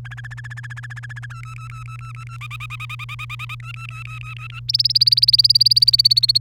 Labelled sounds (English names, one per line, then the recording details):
Domestic Canary song
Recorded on 1 May 2018 at 16:10
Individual llb3